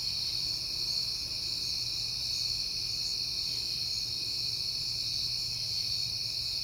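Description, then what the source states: Cricket chorus: a dense, steady high-pitched trill that never pauses, with soft pulsing chirps above it and a quiet low hum below. Crickets at night in September, on a peaceful night.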